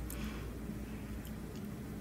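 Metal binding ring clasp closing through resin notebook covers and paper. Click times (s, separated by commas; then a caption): 0.1 s. A metal binding ring clasp is pressed closed by hand through stacked resin notebook covers and paper. It gives a short, sharp click at 0.1 s over a steady low hum. The click shows that the clasp has clicked shut and is secure.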